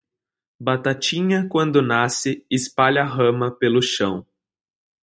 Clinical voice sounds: short text; Brazilian Portuguese; male; 20 to 29 years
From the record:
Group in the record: control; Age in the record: 20 years

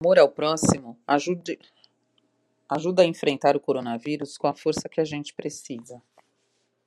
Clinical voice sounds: spoken sentence; Brazilian Portuguese; female; 50 to 59 years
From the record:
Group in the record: control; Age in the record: 52 years

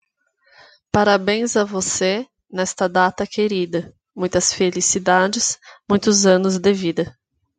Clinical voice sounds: short text; Brazilian Portuguese; female; 30 to 39 years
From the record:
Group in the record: control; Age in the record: 34 years

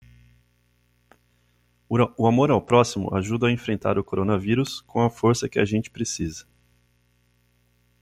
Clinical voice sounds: spoken sentence; Brazilian Portuguese; male; 40 to 49 years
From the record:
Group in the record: control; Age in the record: 42 years

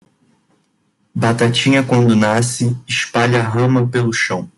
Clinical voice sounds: short text; Brazilian Portuguese; male; 20 to 29 years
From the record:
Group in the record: control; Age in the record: 25 years

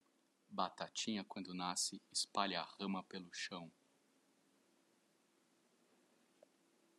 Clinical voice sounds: short text; Brazilian Portuguese; male; 40 to 49 years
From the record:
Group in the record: control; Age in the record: 40 years

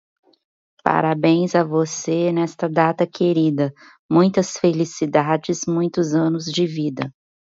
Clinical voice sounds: short text; Brazilian Portuguese; female; 30 to 39 years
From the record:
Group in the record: control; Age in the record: 35 years

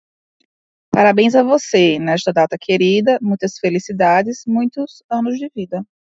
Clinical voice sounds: short text; Brazilian Portuguese; female; 30 to 39 years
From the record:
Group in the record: control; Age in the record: 37 years

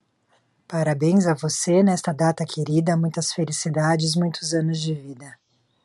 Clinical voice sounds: short text; Brazilian Portuguese; female; 40 to 49 years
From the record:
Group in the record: control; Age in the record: 43 years

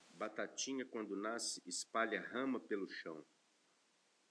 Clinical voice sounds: short text; Brazilian Portuguese; female; 40 to 49 years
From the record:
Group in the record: control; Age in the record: 48 years

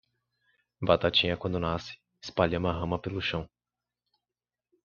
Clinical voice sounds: short text; Brazilian Portuguese; male; 20 to 29 years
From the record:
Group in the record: control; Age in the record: 21 years

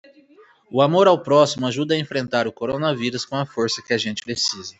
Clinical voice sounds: spoken sentence; Brazilian Portuguese; male; 20 to 29 years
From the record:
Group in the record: control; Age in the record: 28 years

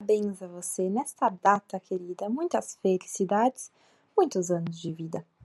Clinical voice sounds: short text; Brazilian Portuguese; female; 30 to 39 years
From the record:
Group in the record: control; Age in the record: 31 years

